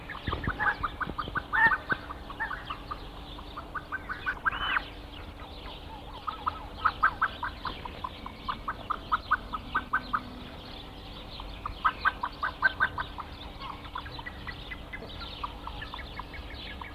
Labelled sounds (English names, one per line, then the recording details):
Blue-winged Goose call
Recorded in captivity
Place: Zoo Berlin, Berlin, DE
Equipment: Halbspur, 9,5 cm/s
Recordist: Lütgens, Hans